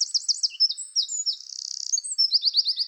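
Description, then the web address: Eurasian wren giving a very high, fast series of sharp notes, breaking into a rapid buzzy trill, then resuming clipped repeated notes. "Troglodytes troglodytes"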